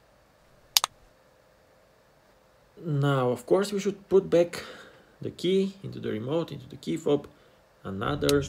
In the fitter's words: Couple of clicks again.